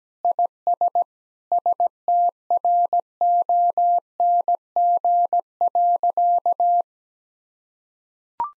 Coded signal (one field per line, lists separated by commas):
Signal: Morse code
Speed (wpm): 17 wpm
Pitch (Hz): 700 Hz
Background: none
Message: IS STRONG.